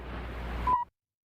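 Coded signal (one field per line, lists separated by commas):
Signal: radio time signal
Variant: Greenwich Time Signal pips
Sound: background hiss, then a single short high beep near 1 kHz, then silence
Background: broadband hiss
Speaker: 100 years to the day since the first broadcast of the BBC pip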